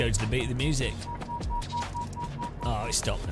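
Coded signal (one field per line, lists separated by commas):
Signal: none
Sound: variometer beeps with music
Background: speech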